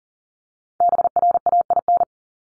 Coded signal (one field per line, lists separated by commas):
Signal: Morse code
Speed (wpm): 40 wpm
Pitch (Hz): 700 Hz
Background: none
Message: BRAIN